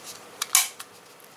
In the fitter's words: locks into place so it's very very simple all right